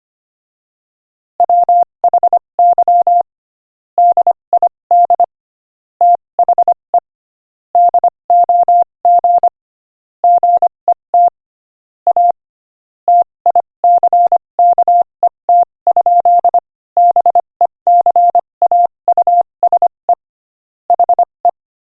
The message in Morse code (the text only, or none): WHY DID THE DOG GET A TICKET? BECAUSE HE